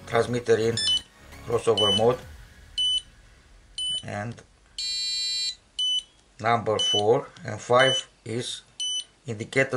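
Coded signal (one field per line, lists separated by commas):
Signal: none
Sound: cable tester's error beeps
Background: speech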